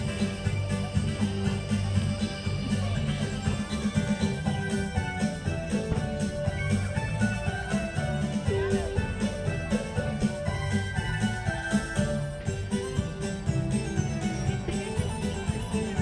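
Music from the Main Street Electrical Parade plays steadily, a bright electronic melody with quick repeated notes over a strong, thumping low end. Loudness holds even throughout, with dense layered tones and a fast, regular beat and no breaks.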